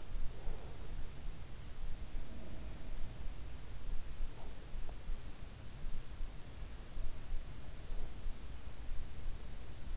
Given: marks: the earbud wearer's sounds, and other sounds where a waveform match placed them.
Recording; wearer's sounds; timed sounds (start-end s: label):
sounds in sleep by an in-ear microphone; breath
0.00-1.56 s: breath
2.08-3.26 s: sound from someone else or the room